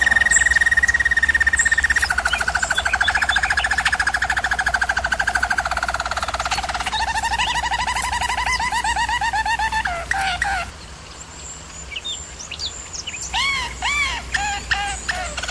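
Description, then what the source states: German Roller canary sings long rolling trills sliding lower in steps, then after a pause gives repeated arched chirping notes, low hum in background. German Roller canary singing, used for canary training.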